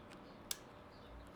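A metal fork seal retaining clip is pressed into the lower fork tube of a 2007 KLX250S until it locks into its groove above the new fork seal. A single sharp, bright click sounds at 0.5 s over quiet background hiss, and the clip is seated.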